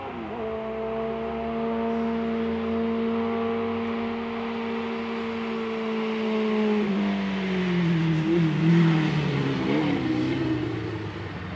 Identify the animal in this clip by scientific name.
Jynx torquilla